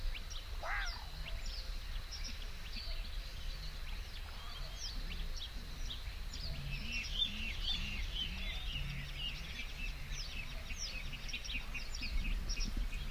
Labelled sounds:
Red Fox (Vulpes vulpes)

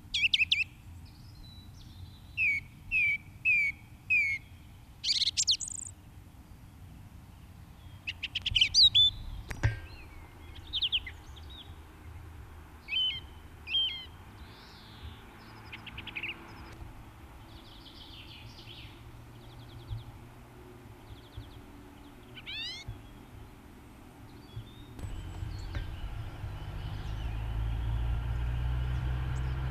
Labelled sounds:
Song Thrush (Turdus philomelos) song

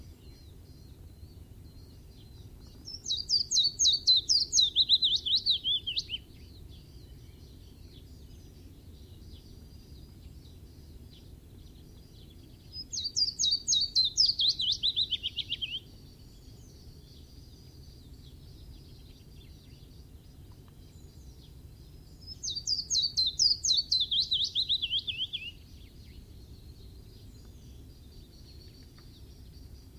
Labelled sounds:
Willow Warbler (Phylloscopus trochilus) song

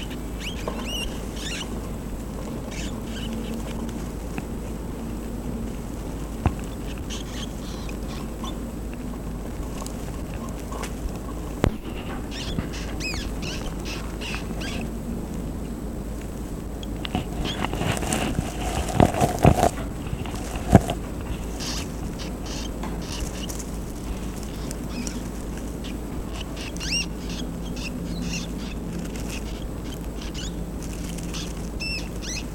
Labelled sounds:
Brown Rat (Rattus norvegicus) call

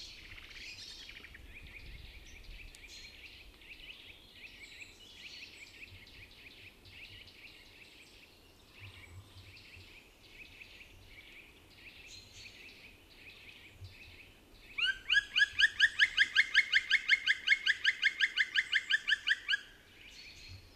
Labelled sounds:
Black Woodpecker (Dryocopus martius) call

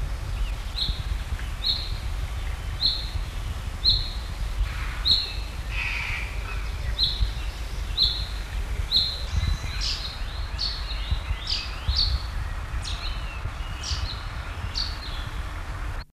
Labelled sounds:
Common Chaffinch (Fringilla coelebs) call

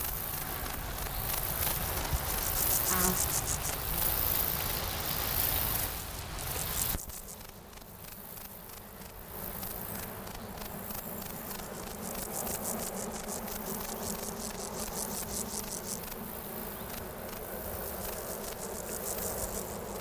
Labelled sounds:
Bog Bush-cricket (Metrioptera brachyptera) stridulation

